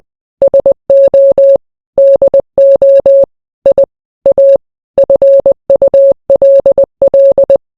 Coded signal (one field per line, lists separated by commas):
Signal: Morse code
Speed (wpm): 20 wpm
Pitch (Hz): 550 Hz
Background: none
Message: SO DO I A FULL